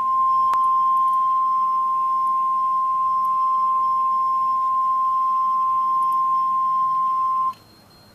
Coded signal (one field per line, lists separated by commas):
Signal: Emergency Alert System (SAME) tones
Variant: 1050 Hz attention tone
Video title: EAS #613: Tornado Warning (4/18/2013)